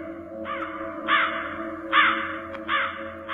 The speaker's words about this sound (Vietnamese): Nó bay lượn một vòng rồi xà xuống đậu ngay ở trên chóp mộ của ông cụ Đại. Con mắt của con quạ đỏ lòm lòm, nghiêng nghiêng đầu nhìn vào ông Giang rồi kêu lên mấy tiếng thảm thiết.